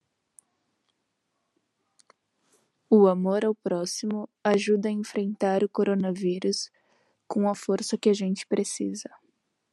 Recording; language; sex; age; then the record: spoken sentence; Brazilian Portuguese; female; 20 to 29 years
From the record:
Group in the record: control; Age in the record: 23 years